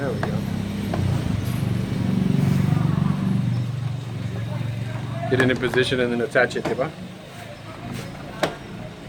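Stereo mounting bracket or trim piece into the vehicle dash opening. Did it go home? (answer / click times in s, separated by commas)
yes / 8.4 s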